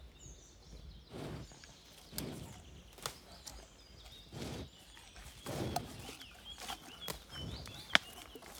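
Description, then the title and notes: Cow breathing and eating: repeated soft puffs of breath and chewing or tearing sounds every one to two seconds, with a few sharp clicks and bird chirps. Cow eating and breathing, curious animal, recorded at close range in the Marais Poitevin marshes, Le Mazeau, France, at 09:20, on a portable recorder with an ORTF microphone pair. "Le Mazeau, France - REPAS DE VACHE. VACHE MANGE ET SOUFFLE_MARAIS POITEVIN_09H20. En grande proximité, repas d'une vache dans les Marais. Curieuse, son souffle en proximité est fort chaleureux"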